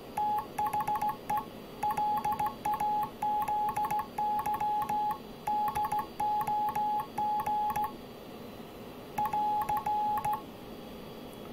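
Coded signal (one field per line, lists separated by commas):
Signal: Morse code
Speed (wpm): 15 wpm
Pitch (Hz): 840 Hz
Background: none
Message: THE LAZY DOG <AR>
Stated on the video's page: Hand-sent on a German Junkers straight key, bought new in 1987 and used without cleaning.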